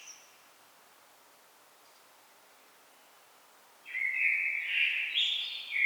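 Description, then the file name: Common blackbird: after several seconds of quiet, a blackbird delivers one warbling fluty phrase rising into a brief high twitter. "Turdus merula"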